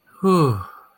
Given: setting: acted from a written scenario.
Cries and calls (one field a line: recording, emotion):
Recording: vocal sound without words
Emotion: contentment